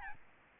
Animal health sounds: mosquito wingbeat signal from an infrared sensor; Aedes albopictus

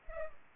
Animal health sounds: mosquito wingbeat signal from an infrared sensor; Culex pipiens

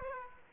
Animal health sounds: mosquito wingbeat signal from an infrared sensor; Aedes aegypti

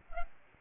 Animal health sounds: mosquito wingbeat signal from an infrared sensor; Aedes albopictus

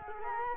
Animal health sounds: mosquito wingbeat signal from an infrared sensor; Culex quinquefasciatus

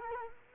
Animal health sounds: mosquito wingbeat signal from an infrared sensor; Culex quinquefasciatus

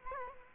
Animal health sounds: mosquito wingbeat signal from an infrared sensor; Aedes aegypti

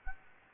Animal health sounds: mosquito wingbeat signal from an infrared sensor; Anopheles gambiae

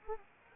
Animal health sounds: mosquito wingbeat signal from an infrared sensor; Anopheles arabiensis

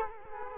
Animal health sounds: mosquito wingbeat signal from an infrared sensor; Culex quinquefasciatus

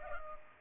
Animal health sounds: mosquito wingbeat signal from an infrared sensor; Culex pipiens

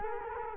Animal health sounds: mosquito wingbeat signal from an infrared sensor; Culex quinquefasciatus

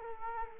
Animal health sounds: mosquito wingbeat signal from an infrared sensor; Culex quinquefasciatus

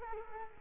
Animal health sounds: mosquito wingbeat signal from an infrared sensor; Culex quinquefasciatus

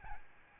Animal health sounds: mosquito wingbeat signal from an infrared sensor; Aedes albopictus

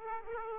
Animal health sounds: mosquito wingbeat signal from an infrared sensor; Aedes aegypti

